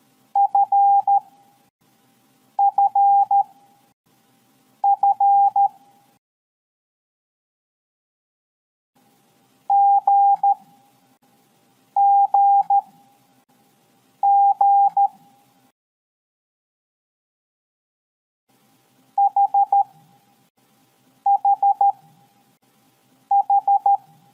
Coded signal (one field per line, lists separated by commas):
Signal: Morse code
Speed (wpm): 13 wpm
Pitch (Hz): 800 Hz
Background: none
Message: FFF GGG HHH